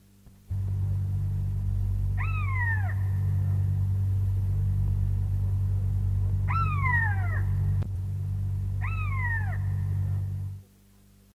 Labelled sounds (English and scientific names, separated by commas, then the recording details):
Common Buzzard (Buteo buteo) call
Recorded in the wild
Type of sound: call
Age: adult
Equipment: Halbspur, 9,5 cm/s
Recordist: Lütgens, Hans
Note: Rufe